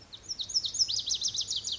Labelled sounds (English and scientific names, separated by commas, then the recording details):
Lazuli Bunting (Passerina amoena)
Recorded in Sonoma County, California